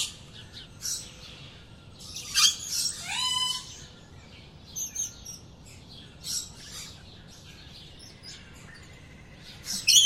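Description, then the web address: Several rainforest birds call at once, with high chirps, a rapid buzzy trill, whistled notes and scattered tweets between quieter gaps. Birds in a South American rainforest at dawn, jungle. "Birds in the Rainforest 02 Dawn South America Jungle"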